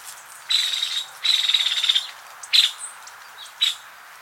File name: Picoides nuttallii - Nuttall's Woodpecker